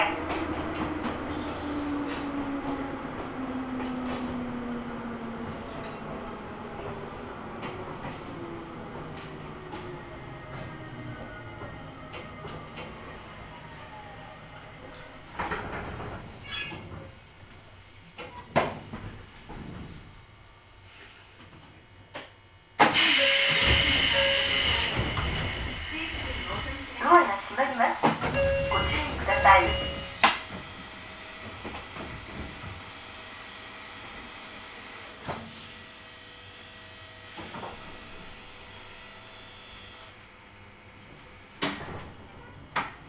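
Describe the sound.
Ohmi Railway train ride: a falling motor whine as it slows, clunks and knocks, then a loud bright burst near 23 seconds, with brief speech.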